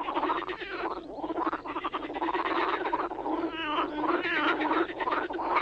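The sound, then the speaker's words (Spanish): Frogs croak in a dense, continuous chorus, raspy calls overlapping and pulsing steadily throughout with no pauses, fairly loud and rich in mid-range rattle. “Ana la rana vivía en la charca con su familia.”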